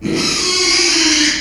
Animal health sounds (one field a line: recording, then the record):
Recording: squeal of a Yucatan mini pig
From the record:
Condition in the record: after surgery on the right vocal fold (resection and tissue-engineered implant)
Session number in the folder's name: 2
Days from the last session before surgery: 13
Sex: male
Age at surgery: 12 weeks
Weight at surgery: 13 kg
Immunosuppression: cyclosporine, prednisolone